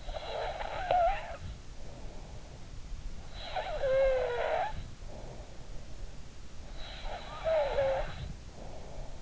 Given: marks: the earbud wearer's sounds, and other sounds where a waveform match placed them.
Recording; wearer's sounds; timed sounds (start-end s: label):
sounds in sleep by an in-ear microphone; snoring breath
0.00-2.46 s: snoring breath
3.17-5.57 s: snoring breath
6.83-9.22 s: snoring breath